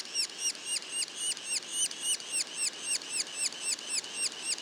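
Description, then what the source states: Yellow-bellied sapsucker juvenile calls: regular, squeaky, arched notes repeated quickly, roughly four per second. Juveniles; Mont-Orford National Park, Quebec.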